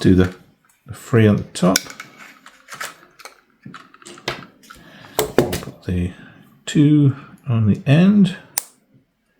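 Someone talks while two plastic brick pieces are put on the end of a brick model. The pieces seat with a sharp, semi-satisfying click at 8.6 s.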